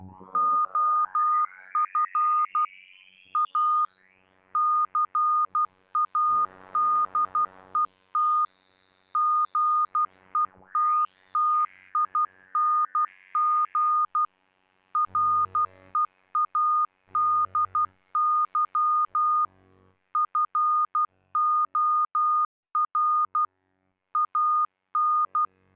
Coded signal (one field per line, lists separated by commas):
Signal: Morse code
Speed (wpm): 12 wpm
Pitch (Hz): 1220 Hz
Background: none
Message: OF A CADET GETTING READY FOR AN